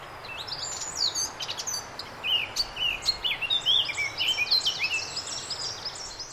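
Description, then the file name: Eurasian blackcap singing a rapid, rich warble of sweeping and slurred notes, with light background hiss. "Sylvia atricapilla"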